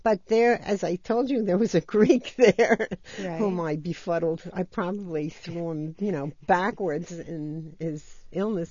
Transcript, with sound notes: But there, as I told you, there was a Greek (she laughs) there, whom I befuddled. I probably threw him, you know, backwards in his illness.